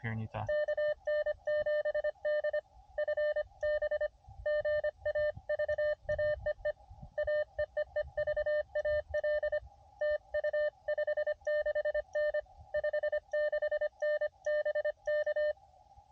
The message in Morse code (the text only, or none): KN7D FB GAV AEE AEE EVAL TU 56N 56N BK